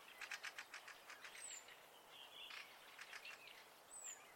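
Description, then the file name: Birdsong opening with a quick run of rhythmic trilled notes, then a drawn-out whistle and softer twittering, with thin high downslurred chirps above a background hiss. Birds at night in spring. "Fugler Natt Vaar"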